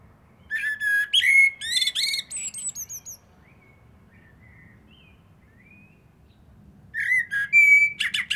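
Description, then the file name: Eurasian blackbird song: a whistled phrase with high chattering twitters, faint birdsong during a pause, then another fluted phrase, over a low hum. "Turdus merula"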